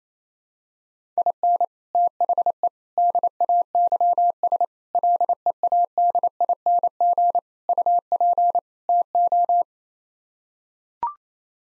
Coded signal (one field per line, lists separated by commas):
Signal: Morse code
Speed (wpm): 28 wpm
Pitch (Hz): 700 Hz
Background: none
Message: IN THE DAYS LEADING UP TO